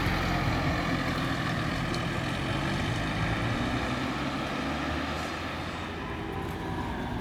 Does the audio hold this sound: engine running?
yes